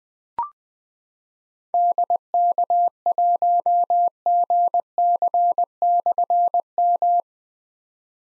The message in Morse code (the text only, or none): DK1GC/M